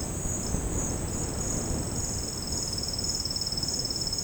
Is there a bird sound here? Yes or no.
no